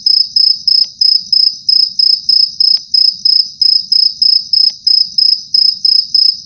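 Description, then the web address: Cricket chirping: a steady, high, ringing trill pulsed in regular bursts, with faint low rumbling underneath. "Jhingoor"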